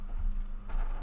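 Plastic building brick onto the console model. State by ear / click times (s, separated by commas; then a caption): not seated / none. A plastic building piece that had not been clicking in properly is handled and pushed down onto the Lego Nintendo Entertainment System console model (set 71374), with soft rubbing and handling noise over a steady low hum that brightens around 0.7 s. Nothing has seated or clicked yet.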